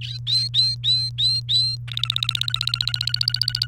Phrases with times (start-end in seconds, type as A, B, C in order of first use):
0.01-1.76 A, 1.88-3.66 B